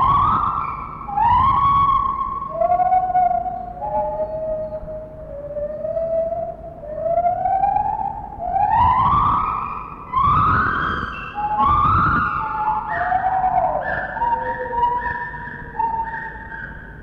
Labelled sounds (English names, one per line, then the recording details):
Lar Gibbon
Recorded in captivity
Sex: pair
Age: adult
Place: Zoo Berlin, Berlin, DE
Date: 1960-10-15 12:00
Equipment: Minifon, Kopie Smaragd
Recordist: Tembrock, Günter